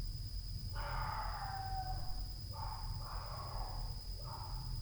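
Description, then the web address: Dog barking: one drawn-out, wavering bark-howl followed by shorter hoarse barks, over a constant low rumble and a steady high electrical tone. Loud dog at night. "Night Noise BIG SOUND DOG"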